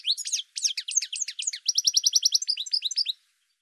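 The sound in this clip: Bird song: fast, high sweeping chirps in short bursts, then an even, rapid trill and a few more chirps before silence.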